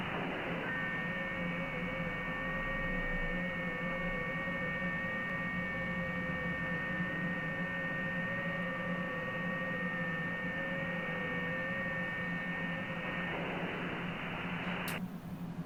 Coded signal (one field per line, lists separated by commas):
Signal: FT8